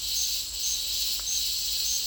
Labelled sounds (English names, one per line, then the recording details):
none
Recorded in dense forest near Puerto Asís, Putumayo, Colombia, on 22 December 2024 at 09:00
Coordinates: 0.485, -76.318
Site GP03